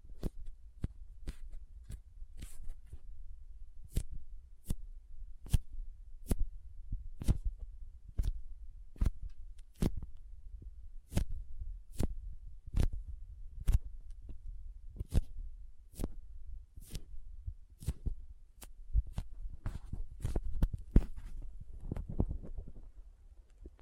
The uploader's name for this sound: Soft Squishy Sticky, Crinkle, Cutting Sounds